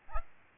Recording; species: mosquito wingbeat signal from an infrared sensor; Aedes albopictus